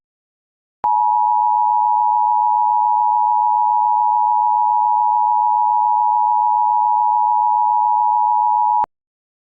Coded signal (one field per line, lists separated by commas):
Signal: Emergency Alert System (SAME) tones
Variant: 853 and 960 Hz attention tone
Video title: EAS Short/MOCK | Emnet is back but at what costs?